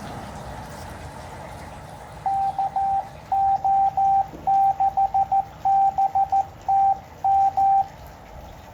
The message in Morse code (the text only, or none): KO6BTM